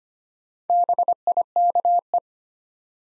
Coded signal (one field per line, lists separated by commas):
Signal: Morse code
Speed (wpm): 25 wpm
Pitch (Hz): 700 Hz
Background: none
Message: BIKE